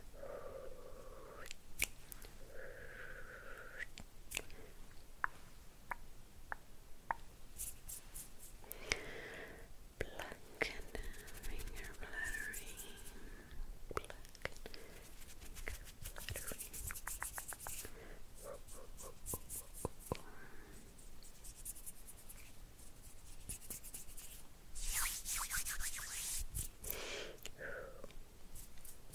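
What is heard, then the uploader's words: Hands move and handle scissors in a busy, irregular stream of rubbing, brushing and sharp clicks through the whole half minute. Bright hissing swipes cluster around 16 to 18 and 25 to 27 seconds, with short tonal squeaks scattered between them. ASMR host-Negative Energy Removal with Scissors Hand Movements, Hand Sounds and Minimal Talking.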